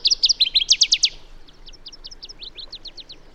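Bird song: a fast run of loud, sharp high notes for about a second, then softer, similar notes continuing at a steady pace.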